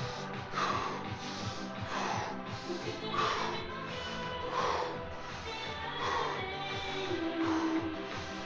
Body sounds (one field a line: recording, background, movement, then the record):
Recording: deep breathing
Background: music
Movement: walking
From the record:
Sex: male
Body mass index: 22.0 kg/m2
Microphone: on the chest, facing outward